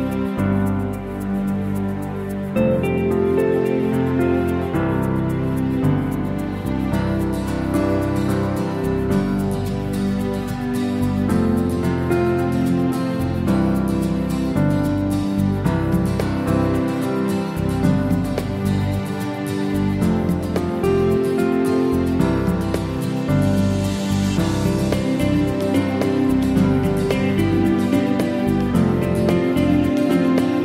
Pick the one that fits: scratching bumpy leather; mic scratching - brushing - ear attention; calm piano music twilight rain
calm piano music twilight rain